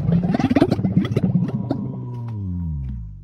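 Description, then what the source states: Dromedary camel gurgling display: a rapid, throbbing run of low, bubbling pulses, easing into a drawn-out tonal groan at the end. Male gurgling display made by filling an inflatable, tongue-like mouth organ called a dulla with air; used to attract a mate and assert dominance over nearby males.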